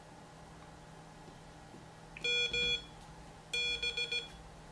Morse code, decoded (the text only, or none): MB